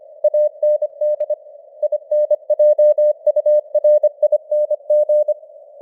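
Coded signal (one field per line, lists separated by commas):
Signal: Morse code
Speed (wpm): 25 wpm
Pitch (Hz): 600 Hz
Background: none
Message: AND INJURING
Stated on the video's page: Computer-generated Morse news headlines at 25 wpm with simulated radio noise and varying signal strength (QSB).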